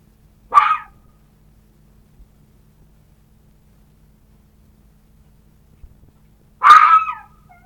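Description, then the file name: Red fox uttering two harsh, raspy yelps separated by a long silent gap of about six seconds. "Лиса"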